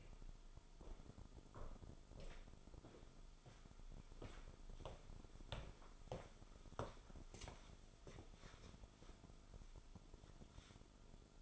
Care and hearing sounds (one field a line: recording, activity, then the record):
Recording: daily activity, microphone in the room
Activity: walk to room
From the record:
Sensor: 5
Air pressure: 988.2 hPa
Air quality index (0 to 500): 158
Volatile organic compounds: 22 ppm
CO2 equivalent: 2758 ppm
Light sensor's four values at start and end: 59/170/67/73 and 57/161/65/72